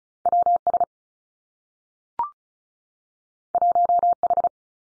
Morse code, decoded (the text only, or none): W S 1 H